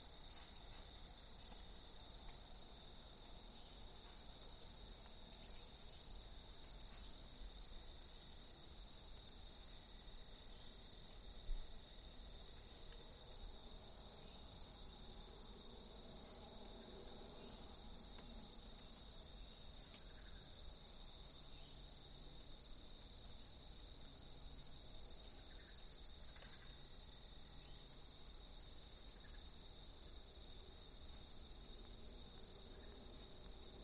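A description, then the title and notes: A dense, unbroken insect chorus, likely crickets, shrills steadily at a high pitch with a fainter, higher layer above it. A soft low rumble sits underneath, with faint murmurs and a single small click near the middle. The level stays constant throughout. Starting at 6:20 AM EST in Mud Lake Bog. At first I was annoyed by the sounds of vehicles impinging on the sounds of nature. I am surprised in this recording how at times there almost seems to be calls and responses between the wildlife and human generated sounds.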